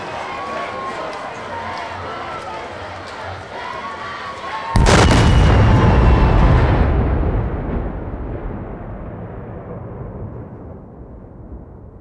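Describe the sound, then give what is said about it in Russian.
A restless crowd murmurs until a sudden, loud booming explosion, a huge fiery blast from the tallest tower of Hogwarts, bursts out, its deep rumble rolling on for several seconds before slowly fading away. “После огромного огненного всполоха, бабахнувшего со стороны самой высокой башни Хогвартса громче сотни громов.”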